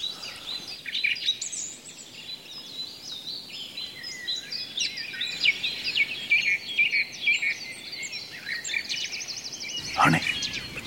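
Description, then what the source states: Song thrush delivering loud, clear whistled and scratchy phrases, with a fast buzzy trill and a sharp knock near the end. Loudest singer in the foreground of a dawn chorus at the lower end of the Storån river as the forest wakes, repeating its phrases two or three times.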